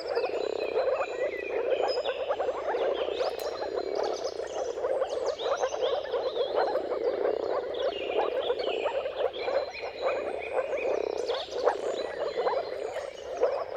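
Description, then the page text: Long stretch of moor frog chorus, many overlapping bubbling calls forming a steady drone, with birds singing varied whistled phrases above. Moor frogs in a mating chorus at sunrise, at the turn of March and April, timing depending on weather. "Jakub-Orzecki moor frogs. earth.fm. Dawn’s Chorus: Mating Calls of Marsh Frogs at Sunrise. Depending on the weather at the turn of March and April, you can witness an amazing spectacle of moor frogs"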